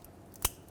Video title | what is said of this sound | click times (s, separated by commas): How to Replace Serpentine Belt Ribbed Idler Pulley 2004-2008 Ford F-150 (5.4L) | make sure it clicks. | 0.5 s